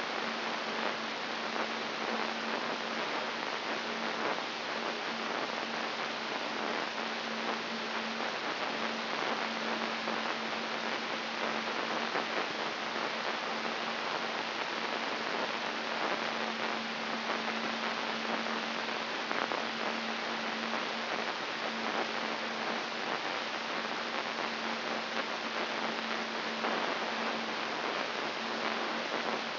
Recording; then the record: brain microelectrode recording played as sound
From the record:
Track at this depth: inside the subthalamic nucleus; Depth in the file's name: 4.34 mm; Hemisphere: right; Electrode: 3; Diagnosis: Parkinson's disease